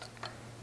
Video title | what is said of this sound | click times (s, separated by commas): 1989 CRX Rescue Part 22 - Sunroof Repair | it looks like it goes almost to the very top and once you get it in place it'll snap right into place | 0.3 s